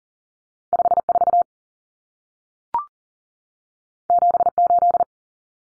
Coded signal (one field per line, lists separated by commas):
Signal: Morse code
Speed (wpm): 40 wpm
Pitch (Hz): 700 Hz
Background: none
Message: 54 78